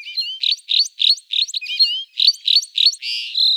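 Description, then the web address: Red crossbill calls: a rapid series of sharp, clipped notes, about a dozen in under four seconds. Recorded in Slovenia. "Loxia curvirostra"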